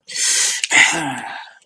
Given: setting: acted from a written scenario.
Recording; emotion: vocal sound without words; triumph